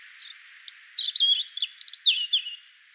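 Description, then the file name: European robin singing a short phrase of high, thin whistles and quick twittering notes. "Erithacus rubecula"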